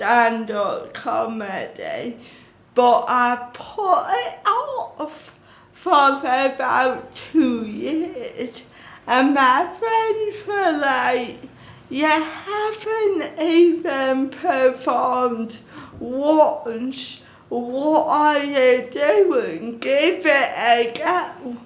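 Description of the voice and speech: Adult woman speaking slowly, with dysarthria due to cerebral palsy present since childhood. Her speech comes in short phrases separated by pauses, with drawn-out sounds.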